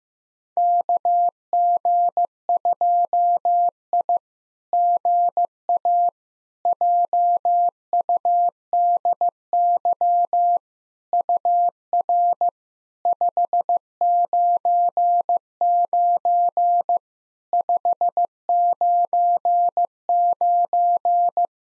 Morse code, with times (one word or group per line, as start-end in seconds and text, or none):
0.6-4.2 KG2I
4.7-6.1 GA
6.7-10.6 JUDY
11.1-12.5 UR
13.1-17.0 599
17.5-21.5 599